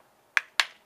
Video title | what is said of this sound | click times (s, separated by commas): KBT SPRING ASSEMBLY - TECHNIVORM | when you hear two snaps | 0.4 s, 0.6 s